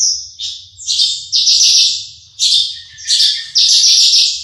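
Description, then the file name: Horsfield's bush lark giving loud, harsh buzzy bursts, each about half a second to a second long, separated by brief gaps. Bird named Mercy, owned by Om Donny. "audio branjangan mercy milik om donny marga omkicau com"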